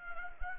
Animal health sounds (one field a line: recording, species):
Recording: mosquito wingbeat signal from an infrared sensor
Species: Anopheles gambiae